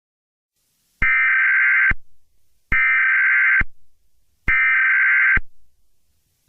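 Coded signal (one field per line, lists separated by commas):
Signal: Emergency Alert System (SAME) tones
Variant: header bursts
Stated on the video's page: Fictional short Emergency Alert System scenario.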